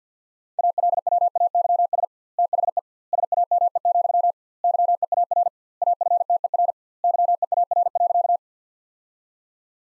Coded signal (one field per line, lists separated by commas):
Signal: Morse code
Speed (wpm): 50 wpm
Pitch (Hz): 700 Hz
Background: none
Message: ALWAYS THE SAME, YEAR AFTER YEAR.